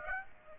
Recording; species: mosquito wingbeat signal from an infrared sensor; Aedes aegypti